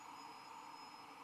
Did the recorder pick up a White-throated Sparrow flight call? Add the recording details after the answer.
no. No flight call is heard. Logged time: 06:38 on 15 December 2014